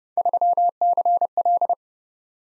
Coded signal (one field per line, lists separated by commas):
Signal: Morse code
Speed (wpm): 30 wpm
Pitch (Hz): 700 Hz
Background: none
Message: 3CL